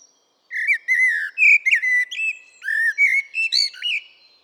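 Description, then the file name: Eurasian blackbird singing a run of low, fluty warbled notes that slur up and down, broken by brief pauses and thin squeaky high flourishes. "Turdus merula"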